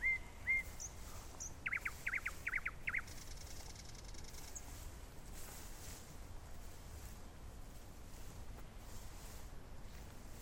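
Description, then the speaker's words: Common Nightingale song: a few clear whistles, then a quick run of repeated slurred notes and a thin buzzy trill, with steady low background noise. "Then, from the fairy woods, comes the song of a nightingale."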